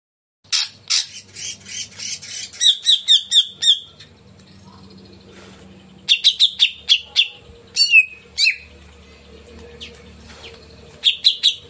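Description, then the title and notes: Greater green leafbird song: lively, varied chattering with runs of high notes and slurred whistles, pausing twice before resuming. Lure recording of a singing greater green leafbird (cucak ijo), played to prompt a caged bird to sing before being hung up; bird described as singing constantly (gacor). "Pancingan CUCAK IJO Mau Di Gantang. Cucak Ijo Gacor"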